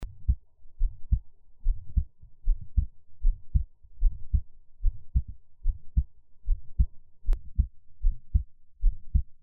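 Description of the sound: An adult's own heartbeat heard close up, normal heart sounds at about 75 beats per minute, with no talking.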